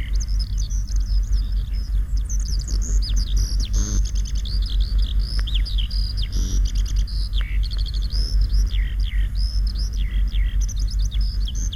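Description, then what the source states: Eurasian Skylark song pouring out nonstop, a mix of sharp chirps, rattling trills and rising and falling whistles, with a faint low rumble beneath. Spring; silvery trills pouring in a continuous stream from the distant sky.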